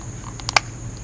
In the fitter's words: there you go you hear it lock all right that's locked in and it's ready to go back